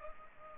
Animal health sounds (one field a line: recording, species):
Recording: mosquito wingbeat signal from an infrared sensor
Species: Culex pipiens